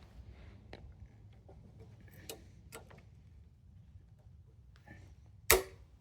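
A hand rivet gun is pumped to set a pop rivet into the soft top frame of a 1990–2005 Mazda Miata MX-5 NA/NB while fitting a Robbins soft top with glass window. Faint ticks at about 0.7, 2.3 and 2.8 seconds are followed by one loud, sharp snap at 5.5 seconds as the mandrel breaks. The rivet is set and seated.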